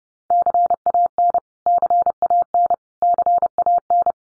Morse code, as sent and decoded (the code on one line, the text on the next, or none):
-.-. .- -. / -.-. .- -. / -.-. .- -.
CAN CAN CAN